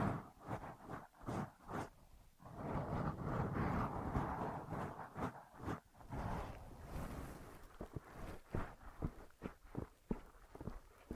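Ear massage and cleaning sounds: soft rubbing and rustling pulses, with a dense continuous scrubbing stretch around three to five seconds.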